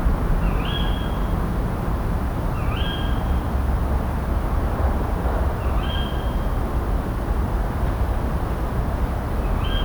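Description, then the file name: Tawny owl giving sharp rising calls that level off, four calls spaced about every three seconds over a steady low rumble. "Strix aluco - Tawny Owl"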